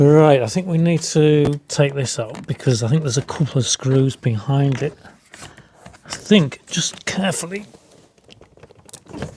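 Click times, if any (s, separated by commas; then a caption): 8.9 s, 9.2 s. Someone talks, then carefully pries a plastic trim piece on the door of a Nissan Micra K12 to reach a couple of screws behind it. Sharp clicks at 8.9 s and 9.2 s mark the piece popping out of its clips, a piece that has never clicked in properly on this car.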